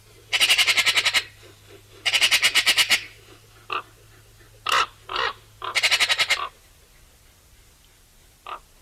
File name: Pica pica